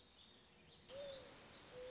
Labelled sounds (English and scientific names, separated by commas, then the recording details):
Mourning Dove (Zenaida macroura)
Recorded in Sonoma County, California